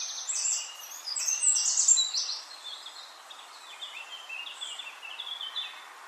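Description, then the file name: Eurasian wren song: loud, quick trills and sharp notes for the first two seconds, followed by a softer run of rapid high notes. "Troglodytes troglodytes"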